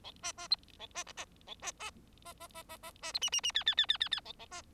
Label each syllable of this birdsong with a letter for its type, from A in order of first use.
A B B C A B B A B B B B B B B B C D D D E E E E E E A A B